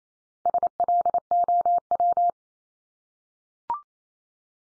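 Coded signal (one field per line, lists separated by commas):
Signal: Morse code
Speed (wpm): 28 wpm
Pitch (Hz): 700 Hz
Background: none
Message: SLOW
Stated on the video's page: Common-word head-copy practice at 28 wpm, each word sent three times in Morse.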